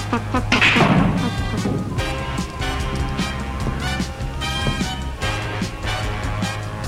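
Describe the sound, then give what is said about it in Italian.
Billiard balls clack together in sharp, hard knocks during a game of billiards, with a loud burst of impact early on from a shot and more scattered clicks over a steady, dense background of tonal noise. “Aspetta, cavola, che tiro! Partita a biliardo, bellissima!”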